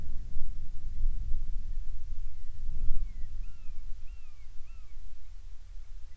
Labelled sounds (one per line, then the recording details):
wind
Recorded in the Prudhoe Bay oil fields, Alaska, on 10 July 2019 at 14:10
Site 14